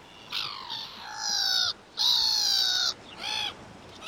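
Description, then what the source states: Black-headed Gull giving a series of harsh, nasal cries, two of them drawn out, against a quiet background hiss. Described as not actually a marine bird; its call seems to laugh.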